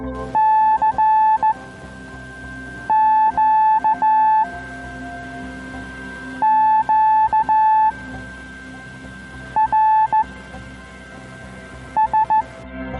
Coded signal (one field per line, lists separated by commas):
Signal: Morse code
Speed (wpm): 15 wpm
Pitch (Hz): 870 Hz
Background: music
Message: CQ QRS